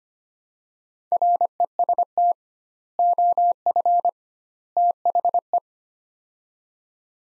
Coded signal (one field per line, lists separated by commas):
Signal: Morse code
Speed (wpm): 25 wpm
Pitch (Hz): 700 Hz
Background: none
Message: REST OF THE